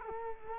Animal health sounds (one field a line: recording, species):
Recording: mosquito wingbeat signal from an infrared sensor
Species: Culex quinquefasciatus